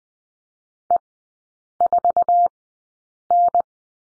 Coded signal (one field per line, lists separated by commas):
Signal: Morse code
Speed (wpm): 20 wpm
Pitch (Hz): 700 Hz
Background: none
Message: E4N